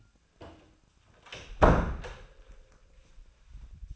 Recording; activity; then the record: daily activity, microphone in the room; close door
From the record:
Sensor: 2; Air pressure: 1009.1 hPa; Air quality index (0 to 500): 177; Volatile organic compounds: 2 ppm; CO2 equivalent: 1288 ppm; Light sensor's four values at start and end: 34/88/38/40 and 33/88/37/40